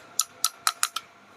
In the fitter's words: lock ആയിട്ടുണ്ട് ഇനി നമ്മൾ ഇത് ഈ ലോക്ക് ഇതിന്റെ മുകളിലോട്ട് തെറ്റിച്ചു കേറ്റിയിട്ട്